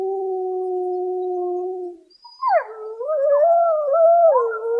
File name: Iberian wolf pack howling at night Lobos ibéricos aullando en la noche DURMIENDO CON LOBOS